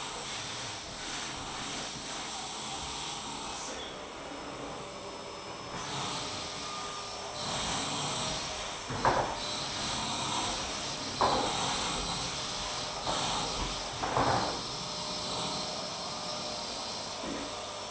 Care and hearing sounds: daily activity, microphone in the room; vacuum cleaning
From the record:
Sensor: 1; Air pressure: 1010.2 hPa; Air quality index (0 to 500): 173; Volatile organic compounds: 13 ppm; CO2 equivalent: 2381 ppm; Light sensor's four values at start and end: 51/133/55/69 and 50/130/54/67

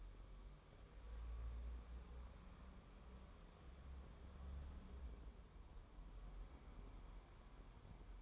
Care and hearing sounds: daily activity, microphone in the room; wipe stove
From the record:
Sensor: 1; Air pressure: 1015.1 hPa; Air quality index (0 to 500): 40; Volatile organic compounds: 1 ppm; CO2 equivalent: 589 ppm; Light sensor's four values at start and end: 13/32/13/14 and 13/32/13/14

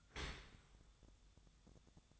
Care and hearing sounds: daily activity, microphone in the room; open dishwasher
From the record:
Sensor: 3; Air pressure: 1004.6 hPa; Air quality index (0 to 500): 104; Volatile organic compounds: 4 ppm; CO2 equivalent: 1629 ppm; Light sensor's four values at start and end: 7/17/7/6 and 7/17/7/6

